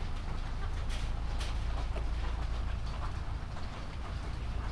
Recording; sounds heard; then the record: poultry house recording; sick chickens (respiratory disease)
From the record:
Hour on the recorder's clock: 20